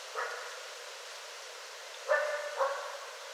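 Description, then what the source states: Coyote calls: a brief yelp, then two short harmonic barks or yips near the end, over a quiet hiss. Recorded 24 January 2013; coyotes.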